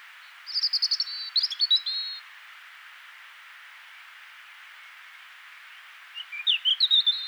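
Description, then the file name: European robin with two quick trilled phrases of rapidly repeated high notes, a long silence, then another rippling trill rising at the end; steady hiss throughout. "Erithacus rubecula"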